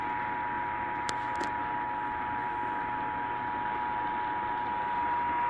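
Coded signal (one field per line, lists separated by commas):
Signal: Emergency Alert System (SAME) tones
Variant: 853 and 960 Hz attention tone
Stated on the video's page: Ohio Required Monthly Test caught off WLW 700 AM, Cincinnati.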